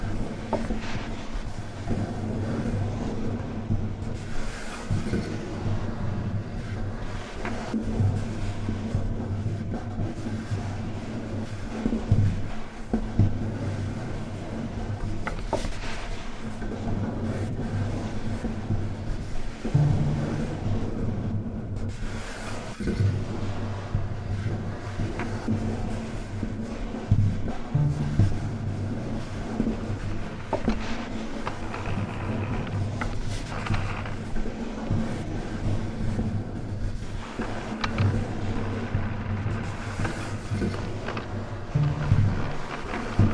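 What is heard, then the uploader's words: A collage of close-up foley sounds runs over a steady low hum with a buzzing tone around the bottom, like a deep synthesized bass. Scraping, rattling and clattering textures shift throughout, with brief sharp knocks every few seconds and a fairly even loudness. A collage of closeup and foley recordings, with occasional accompaniment by computer synthesized contrabass and tuba.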